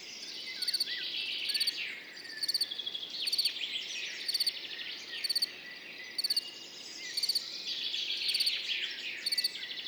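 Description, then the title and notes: Field cricket song, short pulsed chirps repeated roughly every second, high and shrill, over a dense dawn chorus of many chirping, twittering birds. Montagne du Puy, 10 June 2019, morning after a mild night; cricket singing continuously, birds waking behind; stereo recording on a Nagra recorder with MKH40 microphone. "Montagne du Puy. le grillon champêtre"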